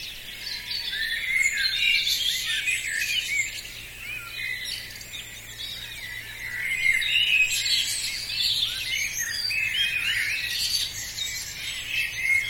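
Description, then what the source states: Birds singing together at dawn, a thick layer of overlapping twitters, whistles and trills with no single voice standing out. Dawn chorus.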